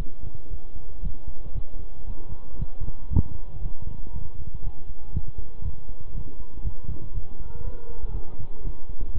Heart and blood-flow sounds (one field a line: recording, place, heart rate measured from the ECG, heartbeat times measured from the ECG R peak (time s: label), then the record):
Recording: heart sounds by stethoscope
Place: between the tricuspid and mitral areas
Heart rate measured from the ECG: 118 bpm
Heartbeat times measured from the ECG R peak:
0.51 s: heartbeat
1.03 s: heartbeat
1.55 s: heartbeat
2.07 s: heartbeat
2.59 s: heartbeat
3.11 s: heartbeat
3.62 s: heartbeat
4.13 s: heartbeat
4.64 s: heartbeat
5.14 s: heartbeat
5.65 s: heartbeat
6.15 s: heartbeat
6.65 s: heartbeat
7.15 s: heartbeat
7.64 s: heartbeat
8.14 s: heartbeat
8.65 s: heartbeat
9.14 s: heartbeat
From the record:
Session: bicycle stress test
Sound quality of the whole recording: good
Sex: male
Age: 23 years